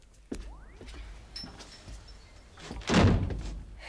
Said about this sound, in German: Mach doch mal die Tür wieder zu, ja?